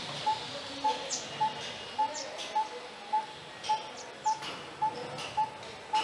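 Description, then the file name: Coppersmith barbet calling a regular, knocking tonk nearly twice each second, with a few faint chirps from other birds behind. "Coppersmith barbet"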